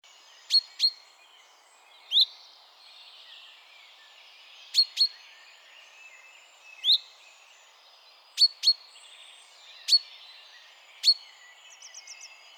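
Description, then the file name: Common chaffinch calls: sharp, high, very brief clicking notes, often in pairs, repeated at irregular intervals, with a few slurred chirps and a soft background hiss. "Fringilla coelebs"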